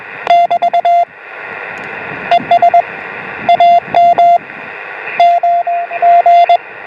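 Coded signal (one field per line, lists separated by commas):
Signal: Morse code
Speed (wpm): 21 wpm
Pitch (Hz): 690 Hz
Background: radio noise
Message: <BT> ES AM M G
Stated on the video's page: Portable operation with an end-fed zig zag antenna on 24 and 28 MHz to Japan, and on 50 MHz including DX.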